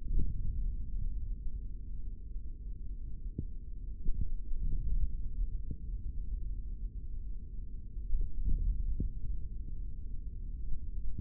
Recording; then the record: forearm muscle sounds (acoustic myography)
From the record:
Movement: index flexion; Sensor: system 3, bracelet of six PUI Audio POM-2738L microphones around the upper forearm, with dedicated amplification and filtering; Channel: 4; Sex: male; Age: 23 years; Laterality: right